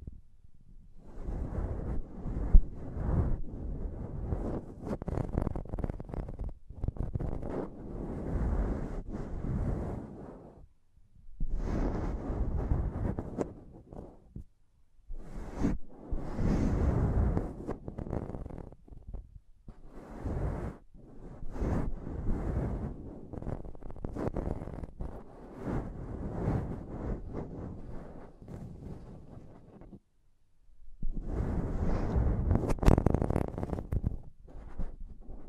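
Heavy tapping and scratching on a microphone comes in dense, rumbling bursts of several seconds each, broken by short silences near 11, 15, 20 and 30 seconds.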